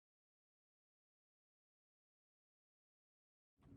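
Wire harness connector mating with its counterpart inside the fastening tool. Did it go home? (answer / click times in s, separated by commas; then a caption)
no / none. Two black-wire harness connectors inside a Tie-Lok Precision Fastening System are lined up with their small clips on the same side and pushed toward their counterpart. The clip is silent until about 3.6 s, when a broad burst of handling noise begins and runs to the end. Nothing has seated or clicked yet.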